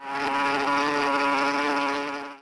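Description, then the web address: Fly buzzing, a steady, droning hum held evenly for about two and a half seconds with no other sounds. "ressound Fly"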